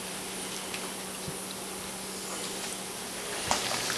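A metal canning lid on a cooling glass jar of apple butter seals, snapping down onto the glass with a sharp pop at 3.5 seconds over a steady background hiss. Someone talks around it, and the lid is seated.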